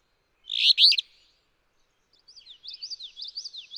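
Alder flycatcher song: one burst of buzzy notes, then a pause and a series of thin slurred whistles.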